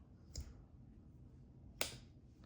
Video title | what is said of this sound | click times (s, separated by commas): 2 Great Knives from a Great Guy - Custom Slipjoint Trappers from Philbrick Knives | I'm sure you could hear that snap open and closed | 0.4 s, 1.8 s